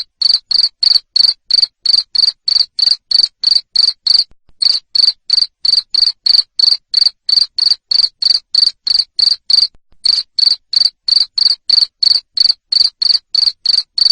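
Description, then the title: Cricket chirps in a fast, even train of short buzzy pulses, roughly three each second, with two short breaks. Loud cricket chirping, used to stimulate lovebirds to sing continuously. "Suara JANGKRIK NGERIK Keras Bikin LOVEBIRD Jadi NGEKEK Terus Vubey"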